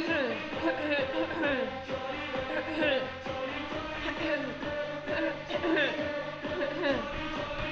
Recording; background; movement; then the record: throat clearing; music; sitting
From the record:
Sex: female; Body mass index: 18.3 kg/m2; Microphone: on the chest, facing outward